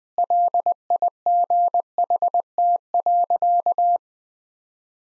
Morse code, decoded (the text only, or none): LIGHT.